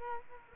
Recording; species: mosquito wingbeat signal from an infrared sensor; Culex quinquefasciatus